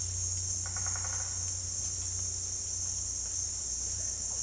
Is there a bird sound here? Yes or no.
yes